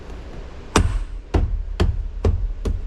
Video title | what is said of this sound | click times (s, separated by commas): My Truck gets Sanooer Switch Back Tow Mirrors! | You'll hear it click, | 0.8 s, 1.8 s